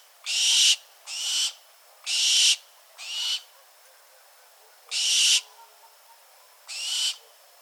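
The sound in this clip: Bird making rasping, hiss-like screeches, six short noisy bursts at uneven intervals, with a longer gap in the middle.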